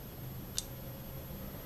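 While reassembling a steel Glock pistol slide, a small spring-loaded extractor depressor plunger and bearing assembly is pressed down into the slide. A single short, sharp click at 0.6 s stands out over a steady low background hum. The plunger seats, clicking into place and holding.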